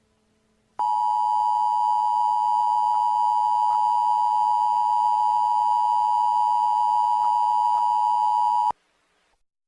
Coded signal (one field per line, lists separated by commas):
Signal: Emergency Alert System (SAME) tones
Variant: 853 and 960 Hz attention tone